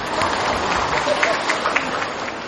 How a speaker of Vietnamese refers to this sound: Cho chàng pháo tay đi.